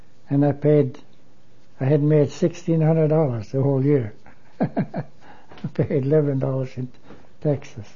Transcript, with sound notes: and I paid, I had made sixteen hundred dollars the whole year. (he laughs) I paid eleven dollars in taxes.